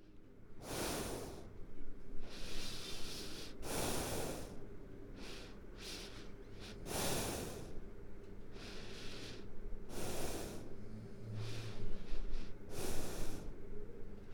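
Snoring from an adult sleeper, with repeated noisy breaths.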